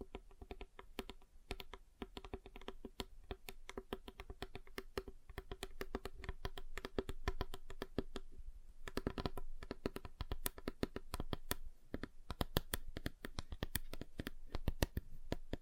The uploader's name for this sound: Table Tapping Different Surfaces